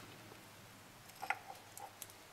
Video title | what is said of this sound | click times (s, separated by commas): Pleuellager wechseln BMW M30 S38 Motor E34 E28 E24 535i M5 Ölwanne ausbauen Ölpumpe rod bearings | Und dann dieses Kettenrad so weit reindrücken, dass die Verzahnung ineinander einrastet. Genau, | 1.3 s